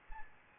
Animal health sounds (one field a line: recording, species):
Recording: mosquito wingbeat signal from an infrared sensor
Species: Aedes albopictus